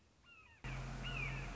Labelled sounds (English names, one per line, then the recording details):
Red-shouldered Hawk
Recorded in Sonoma County, California